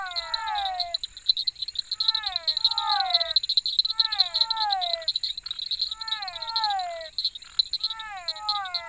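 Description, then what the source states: Frogs calling with strings of downward-gliding croaks in regular clusters, set against a continuous bright insect trill and a high constant tone. Frogs together with insects.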